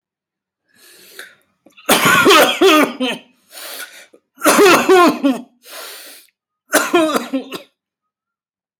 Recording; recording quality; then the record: heavy voluntary cough; excellent, no background noise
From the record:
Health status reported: healthy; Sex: male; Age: 36 years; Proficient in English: yes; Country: India